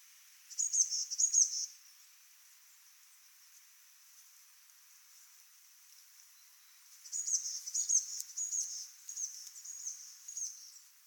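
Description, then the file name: Eurasian blue tit with a pair of high buzzy calls at the start, then a long quiet gap, then a longer run of thin, churring call notes. "Cyanistes caeruleus"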